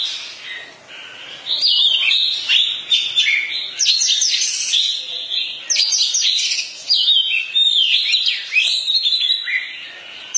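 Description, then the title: Oriental magpie-robin singing a long stream of varied whistles and sharp chattering notes with brief gaps. Long-duration song. "Kacer"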